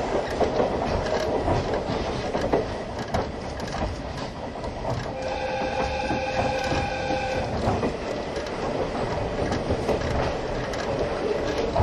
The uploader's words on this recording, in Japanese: 大鐵E10形+旧型客車 大井川本線普通 01/01:金谷～家山。Oigawa Railway's original locomotive is the E10 type, and the passenger cars next to that locomotive can clearly hear the motor noise.This is a train running sound (still image) of an ordinary "passenger train" from yesteryear.往年の普通＂客車列車＂の列車走行音。